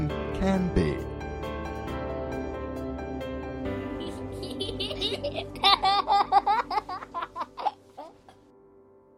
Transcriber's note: laughs